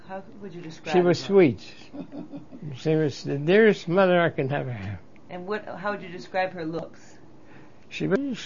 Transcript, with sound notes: How would you describe her?
She was sweet. (laughs) She was the dearest mother I could ever have.
And how would you describe her looks?
She was sweet.